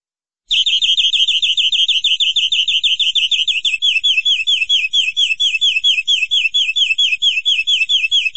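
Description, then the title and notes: Canary delivering one unbroken rolling trill of rapid high notes for about eight seconds. "BM Suara Burung Kenari"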